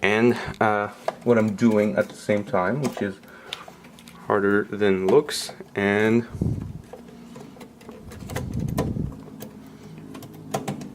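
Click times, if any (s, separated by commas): 10.5 s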